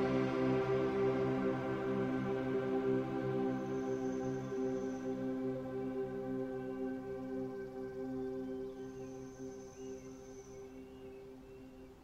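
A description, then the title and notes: Gentle synth pads hold a steady, layered chord of low and middle tones that rings on and slowly fades over the twelve seconds. Faint, thin high bird calls drift in twice, around four seconds and again near ten. Gentle pads, music and the sounds of birds of the rain forest comprise this soundscape for sleep.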